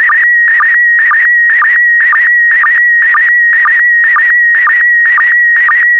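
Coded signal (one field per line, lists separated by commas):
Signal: SSTV (slow-scan television)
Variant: PD120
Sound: warbling high tone with rhythmic short low chirps about twice a second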